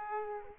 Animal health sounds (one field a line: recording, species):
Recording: mosquito wingbeat signal from an infrared sensor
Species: Aedes aegypti